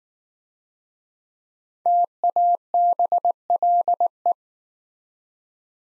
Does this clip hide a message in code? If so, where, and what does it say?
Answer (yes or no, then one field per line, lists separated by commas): yes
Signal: Morse code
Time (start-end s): 1.9-4.3 s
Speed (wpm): 19 wpm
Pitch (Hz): 700 Hz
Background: none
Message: TABLE